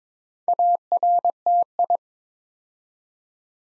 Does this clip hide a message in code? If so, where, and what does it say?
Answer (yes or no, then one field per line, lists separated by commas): yes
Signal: Morse code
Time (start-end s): 0.5-2.0 s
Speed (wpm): 23 wpm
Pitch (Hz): 700 Hz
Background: none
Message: ARTI